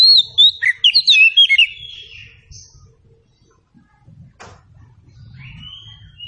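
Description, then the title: Oriental magpie-robin singing a quick burst of varied, sweet whistled notes for about two seconds, then near silence with one sharp click and faint low rumble. Local name kacer; meant to prompt a bird to sing in reply. "Nyaut Kacer"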